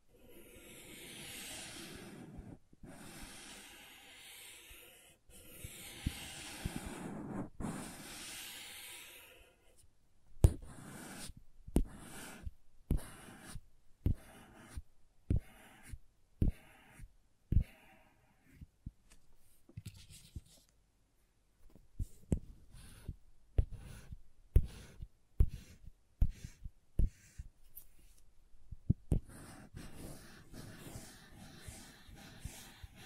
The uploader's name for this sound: Crayons Tapping, Carving, Cutting, Drawing Sounds